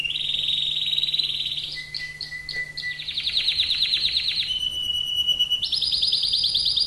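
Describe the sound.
Canary song: a buzzy trill, a held low whistle, then rolling trills and a long steady note before a higher rapid roll.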